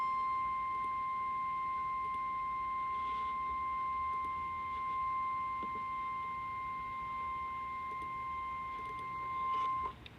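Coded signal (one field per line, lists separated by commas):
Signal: Emergency Alert System (SAME) tones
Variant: 1050 Hz attention tone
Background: speech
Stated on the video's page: NOAA Weather Radio thunderstorm watches and warnings, compilation.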